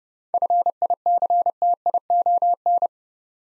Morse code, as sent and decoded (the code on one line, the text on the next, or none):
..-. .. -.-. - .. --- -.
FICTION